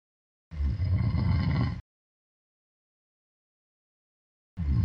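A deep, rough, rumbling snore lasting about a second, then a long silent pause before the next snore begins, about 15 snores a minute. An adult man's snoring.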